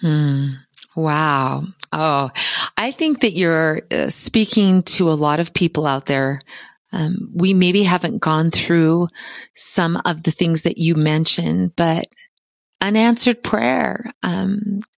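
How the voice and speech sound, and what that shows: A woman speaks clearly and fluently in a conversational tone, with ordinary pauses and a few fillers.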